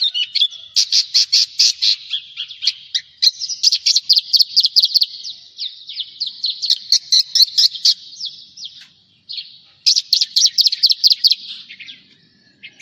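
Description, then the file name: Javan bush lark in sustained song, fast bursts of buzzy high notes and trills separated by brief gaps, continuing for over twelve seconds. "suara burung branjangan jawa"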